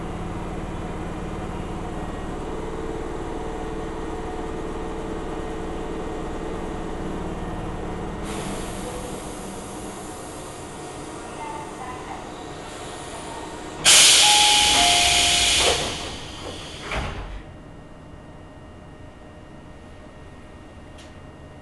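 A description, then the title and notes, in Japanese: A local train rumbles low and steady, with a faint motor whine early on. Around fourteen seconds a loud hiss of air bursts out for about two seconds, with a couple of short beeps, then the sound drops to near quiet. 秩父鉄道から東武東上線に乗り換えます。東武東上線 寄居→小川町。普通列車の4両編成のみで、単線区間になります。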